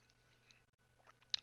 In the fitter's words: ça s'emboîte parfaitement